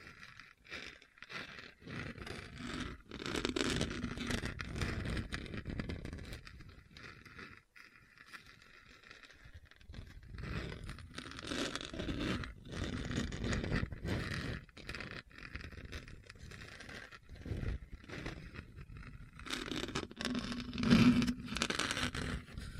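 Hard, bumpy scratching runs through the whole clip in rough, uneven strokes, gritty and dense with rattly bursts that rise and fall. A brief dip comes near eight seconds, and the loudest, harshest scrape lands around twenty-one seconds.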